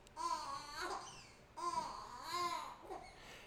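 Two short bursts of very high, thin, squeaky infant crying with gasping catches between the calls, from two babies, sounding as if they had swallowed a squeaker. The gasping is not distress, just how these little ones cry.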